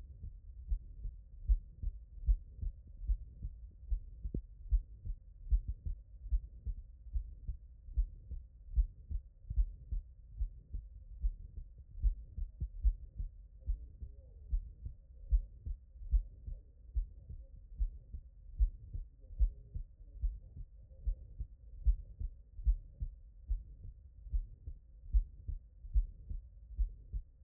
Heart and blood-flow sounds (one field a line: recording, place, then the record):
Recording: heart sounds by stethoscope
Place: tricuspid valve (TV)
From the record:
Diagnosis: HFrEF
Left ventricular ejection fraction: 34%